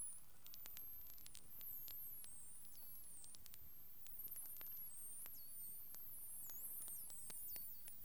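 Whale whistles and clicks: many high, looping, sweeping whistles overlap, with frequent sharp clicks scattered throughout over a low, steady background hiss.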